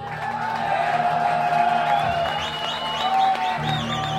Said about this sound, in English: Genius! Pure genius! Was that the applause for the guitar? Is that what that was? Let's hear it for this guitar.